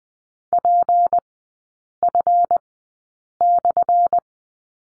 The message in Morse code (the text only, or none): PF/